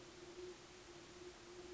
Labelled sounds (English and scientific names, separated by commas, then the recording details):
Great Horned Owl (Bubo virginianus)
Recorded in Sonoma County, California